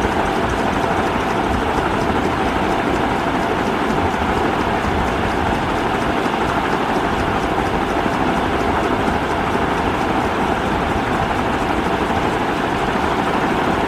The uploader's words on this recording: Ceiling Fan Sound: White Noise for Sleep.